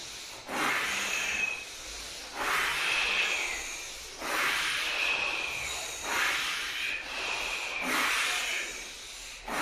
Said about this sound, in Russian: Дышим, дышим, дышим. Дышим, дышим и представляем, что мы уже через эту точку выдыхаем и вдыхаем.